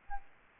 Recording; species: mosquito wingbeat signal from an infrared sensor; Aedes albopictus